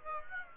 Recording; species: mosquito wingbeat signal from an infrared sensor; Aedes aegypti